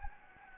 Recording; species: mosquito wingbeat signal from an infrared sensor; Anopheles gambiae